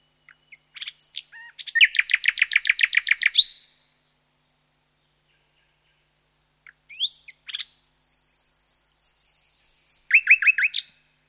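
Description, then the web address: Common nightingale song in two phrases separated by a pause: a fast, buzzy rattle of repeated notes, then a long, thin, pure whistle followed by quick, punchy repeated notes. "Sound Effects-BBC Nightingales"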